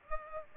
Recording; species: mosquito wingbeat signal from an infrared sensor; Aedes aegypti